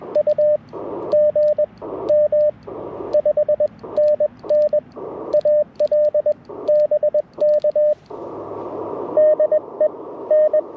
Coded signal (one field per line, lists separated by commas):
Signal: Morse code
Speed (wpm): 21 wpm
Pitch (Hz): 590 Hz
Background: radio noise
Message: UGM 5NN AL BK DE N